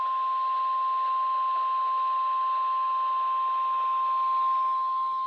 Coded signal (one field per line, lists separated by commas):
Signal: Emergency Alert System (SAME) tones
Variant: 1050 Hz attention tone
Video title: Bonus RWTs From 12/17/25 (EAS #6065-6072)